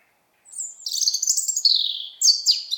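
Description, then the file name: European robin song, a rapid sweet warble of high whistles and descending slurred notes, ending in sharp bright flourishes. "Erithacus rubecula"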